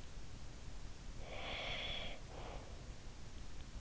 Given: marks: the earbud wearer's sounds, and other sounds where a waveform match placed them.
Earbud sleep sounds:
sounds in sleep by an in-ear microphone; breath
0.60-3.11 s: breath

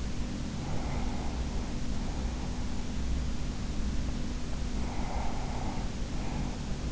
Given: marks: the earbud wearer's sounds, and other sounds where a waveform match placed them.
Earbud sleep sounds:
sounds in sleep by an in-ear microphone; breath
0.33-2.95 s: breath
4.63-6.92 s: breath

